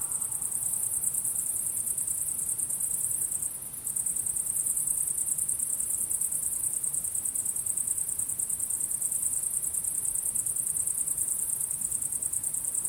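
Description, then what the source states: Continuous cricket chirping, very high and rapid, with one short pause near three and a half seconds. Crickets chirping at sunset.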